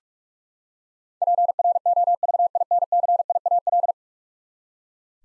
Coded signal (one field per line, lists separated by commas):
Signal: Morse code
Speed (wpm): 46 wpm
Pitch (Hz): 700 Hz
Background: none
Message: PROVINCIAL